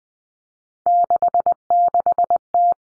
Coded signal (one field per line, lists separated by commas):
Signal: Morse code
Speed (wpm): 20 wpm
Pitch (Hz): 700 Hz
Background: none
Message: 66T